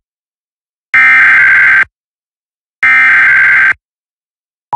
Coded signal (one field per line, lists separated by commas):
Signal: Emergency Alert System (SAME) tones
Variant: header bursts